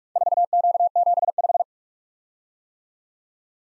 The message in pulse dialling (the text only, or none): none